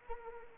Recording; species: mosquito wingbeat signal from an infrared sensor; Anopheles arabiensis